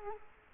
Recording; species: mosquito wingbeat signal from an infrared sensor; Culex quinquefasciatus